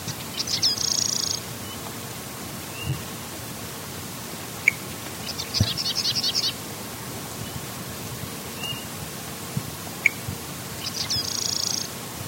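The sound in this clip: Sedge wren song: three short, high, chattering trills spaced about five seconds apart, with occasional soft chips between them and a low steady hum beneath.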